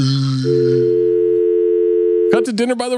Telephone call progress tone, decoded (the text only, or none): dial tone